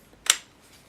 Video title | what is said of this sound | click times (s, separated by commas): Strip and Assemble M4 Carbine/AR 15 and Functions Test! UK Edition | the front pin all the way until it clicks and then remove the upper and lower receiver | 0.3 s